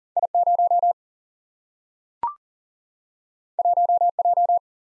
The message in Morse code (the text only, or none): I 0 1 J